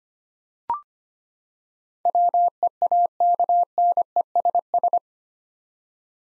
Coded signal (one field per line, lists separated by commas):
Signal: Morse code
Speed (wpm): 25 wpm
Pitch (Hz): 700 Hz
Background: none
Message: WEAKNESS